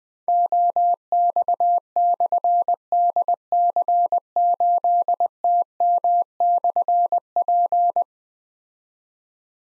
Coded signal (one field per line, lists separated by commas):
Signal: Morse code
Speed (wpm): 20 wpm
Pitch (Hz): 700 Hz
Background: none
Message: OX/DC8TM/P